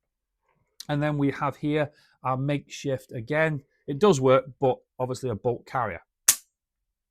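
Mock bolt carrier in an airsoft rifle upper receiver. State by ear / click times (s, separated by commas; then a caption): seated / 6.3 s. Someone talks, then works the makeshift mock bolt carrier in an airsoft rifle upper receiver. It gives one sharp, loud click at 6.3 s that dies away fast as it seats into place.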